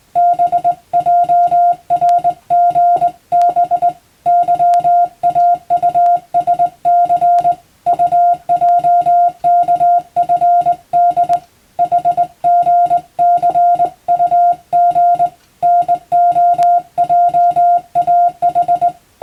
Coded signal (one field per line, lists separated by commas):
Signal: Morse code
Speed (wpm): 20 wpm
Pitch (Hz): 700 Hz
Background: music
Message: BJRGB YAUSC UJKFD HGCUG NOJAH